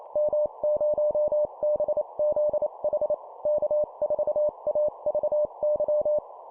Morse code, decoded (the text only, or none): M0BZH K4AVY